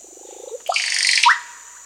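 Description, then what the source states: Russet-backed oropendola song, a series of low gurgling notes, then a harsh rushing swell ending in a bright upward-sliding whistle, over a constant high-pitched hiss. South America.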